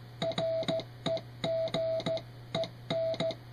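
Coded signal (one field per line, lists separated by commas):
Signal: Morse code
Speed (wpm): 15 wpm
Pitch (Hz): 650 Hz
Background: music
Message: REGEN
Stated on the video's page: Morse from a low-power retro station built around two peanut tubes.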